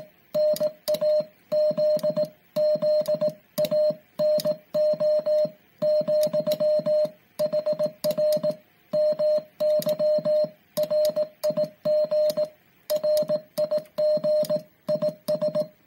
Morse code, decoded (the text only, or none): NAZZANO, HR MY RIG RIG IS